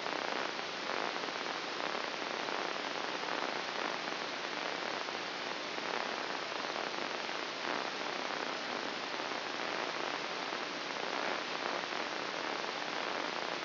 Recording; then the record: brain microelectrode recording played as sound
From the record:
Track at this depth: inside the subthalamic nucleus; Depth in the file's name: 4.908 mm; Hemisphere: left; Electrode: 2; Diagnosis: Parkinson's disease